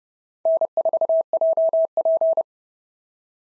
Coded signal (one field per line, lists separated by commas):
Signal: Morse code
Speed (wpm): 27 wpm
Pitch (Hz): 650 Hz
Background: none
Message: N4JP